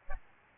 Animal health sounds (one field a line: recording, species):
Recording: mosquito wingbeat signal from an infrared sensor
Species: Aedes albopictus